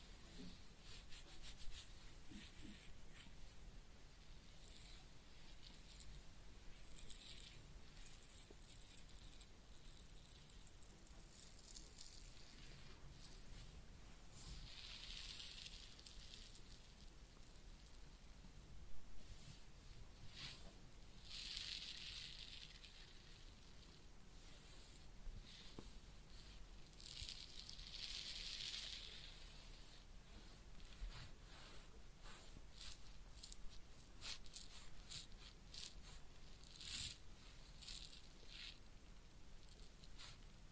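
Head massage and ear cleaning: steady soft rubbing and crackling scratches, with brighter rustling bursts around 15, 21 and 28 seconds.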